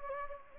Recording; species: mosquito wingbeat signal from an infrared sensor; Anopheles gambiae